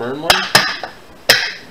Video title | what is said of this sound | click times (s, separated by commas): Honeywell Panel | it will snap right into place | 1.3 s